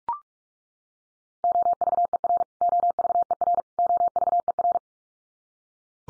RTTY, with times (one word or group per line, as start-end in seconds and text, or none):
none